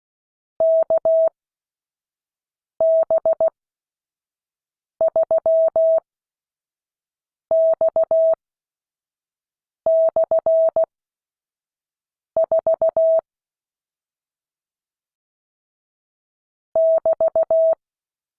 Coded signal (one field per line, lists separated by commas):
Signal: Morse code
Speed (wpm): 16 wpm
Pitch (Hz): 650 Hz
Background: none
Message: KB3X/4 <BT>